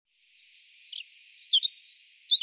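European robin song with high, sustained whistled notes and short slurred twitters, a faint hiss running underneath.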